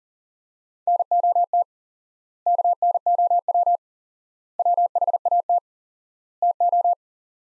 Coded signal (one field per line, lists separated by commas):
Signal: Morse code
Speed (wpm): 37 wpm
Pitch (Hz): 700 Hz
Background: none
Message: NOT KNOW WHAT TO